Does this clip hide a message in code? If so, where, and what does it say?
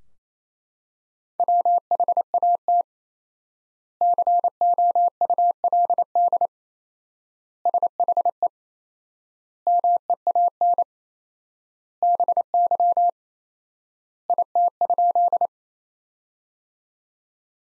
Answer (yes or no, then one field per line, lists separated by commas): yes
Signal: Morse code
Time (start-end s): 1.4-15.5 s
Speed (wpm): 27 wpm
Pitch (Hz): 700 Hz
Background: none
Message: WHAT COULD SHE MEAN BY IT?